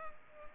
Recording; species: mosquito wingbeat signal from an infrared sensor; Culex pipiens